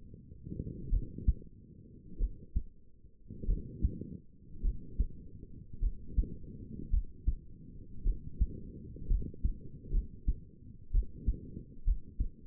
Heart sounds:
heart sounds by stethoscope; 55 bpm
0.90 s: heartbeat
2.18 s: heartbeat
3.46 s: heartbeat
4.62 s: heartbeat
5.80 s: heartbeat
6.91 s: heartbeat
8.04 s: heartbeat
9.08 s: heartbeat
9.92 s: heartbeat
10.92 s: heartbeat
11.85 s: heartbeat
From the record:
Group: healthy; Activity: rest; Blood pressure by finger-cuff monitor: 107/65 mmHg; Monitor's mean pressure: 81 mmHg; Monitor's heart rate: 52 bpm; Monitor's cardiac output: 4.8 L/min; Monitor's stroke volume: 95 mL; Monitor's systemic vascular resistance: 1240 dyn s/cm5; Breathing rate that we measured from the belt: 24 breaths a minute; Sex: female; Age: 28 years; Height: 170 cm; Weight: 77 kg

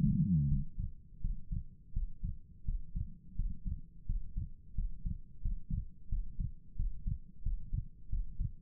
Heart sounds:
heart sounds by stethoscope; 87 bpm
0.46 s: heartbeat
1.19 s: heartbeat
1.91 s: heartbeat
2.63 s: heartbeat
3.34 s: heartbeat
4.04 s: heartbeat
4.73 s: heartbeat
5.40 s: heartbeat
6.07 s: heartbeat
6.74 s: heartbeat
7.41 s: heartbeat
8.08 s: heartbeat
From the record:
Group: healthy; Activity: breath hold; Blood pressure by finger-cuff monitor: 106/72 mmHg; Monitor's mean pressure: 79 mmHg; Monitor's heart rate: 85 bpm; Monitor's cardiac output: 6.2 L/min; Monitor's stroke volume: 73 mL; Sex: female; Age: 32 years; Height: 172 cm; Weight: 71.7 kg

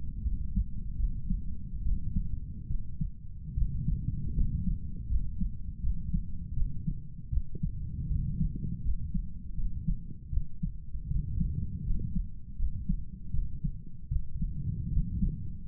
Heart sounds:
heart sounds by stethoscope; 78 bpm
0.23 s: heartbeat
0.97 s: heartbeat
1.84 s: heartbeat
2.68 s: heartbeat
3.55 s: heartbeat
4.35 s: heartbeat
5.09 s: heartbeat
5.81 s: heartbeat
6.55 s: heartbeat
7.31 s: heartbeat
8.09 s: heartbeat
8.83 s: heartbeat
9.56 s: heartbeat
10.31 s: heartbeat
11.08 s: heartbeat
11.84 s: heartbeat
12.57 s: heartbeat
13.32 s: heartbeat
14.09 s: heartbeat
14.90 s: heartbeat
15.66 s: heartbeat
From the record:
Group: healthy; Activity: rest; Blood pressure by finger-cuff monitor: 102/59 mmHg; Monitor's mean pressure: 71 mmHg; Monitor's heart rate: 80 bpm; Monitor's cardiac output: 7.8 L/min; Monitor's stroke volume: 98 mL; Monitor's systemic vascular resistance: 660 dyn s/cm5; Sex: male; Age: 35 years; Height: 180 cm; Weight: 86.9 kg

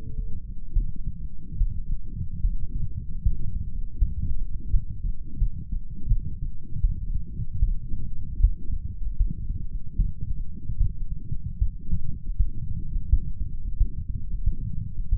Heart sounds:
heart sounds by stethoscope; 79 bpm
0.72 s: heartbeat
1.57 s: heartbeat
2.41 s: heartbeat
3.22 s: heartbeat
3.98 s: heartbeat
4.70 s: heartbeat
5.38 s: heartbeat
6.08 s: heartbeat
6.81 s: heartbeat
7.59 s: heartbeat
8.40 s: heartbeat
9.17 s: heartbeat
9.96 s: heartbeat
10.77 s: heartbeat
11.58 s: heartbeat
12.36 s: heartbeat
13.09 s: heartbeat
13.77 s: heartbeat
14.44 s: heartbeat
15.09 s: heartbeat
From the record:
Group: healthy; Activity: rest 0-2 s, light exercise 2-15 s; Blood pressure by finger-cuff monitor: 119/77 mmHg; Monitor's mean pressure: 92 mmHg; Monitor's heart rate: 76 bpm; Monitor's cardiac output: 6 L/min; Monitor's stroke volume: 78 mL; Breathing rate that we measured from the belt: 13 breaths a minute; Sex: male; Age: 35 years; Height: 178 cm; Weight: 64 kg

